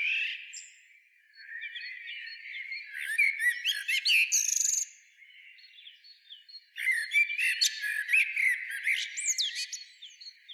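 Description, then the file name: Common blackbird warbling, with fluty low notes and bursts of high, scratchy twittering that come and go across the phrases. "Turdus merula"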